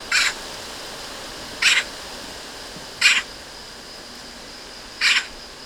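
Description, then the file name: Eurasian magpie with four short grating, scratchy calls spaced about one and a half to two seconds apart, a faint steady hiss beneath. "Pica pica"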